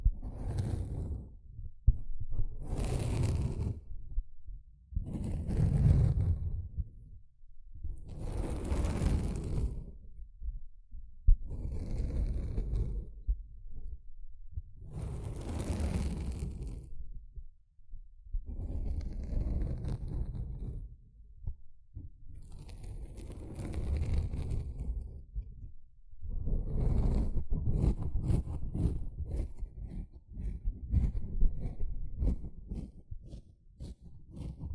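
Sponge being rubbed and squished in repeated strokes, each lasting one to two seconds with short gaps between, about a dozen over the span. Strokes are mostly low and rough with a hissy top; the final stretch turns into faster, denser scratching.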